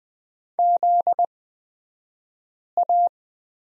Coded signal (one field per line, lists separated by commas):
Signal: Morse code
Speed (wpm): 20 wpm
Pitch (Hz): 700 Hz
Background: none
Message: ZA